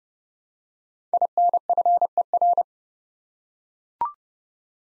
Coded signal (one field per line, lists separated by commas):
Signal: Morse code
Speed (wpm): 30 wpm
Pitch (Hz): 700 Hz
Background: none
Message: INFER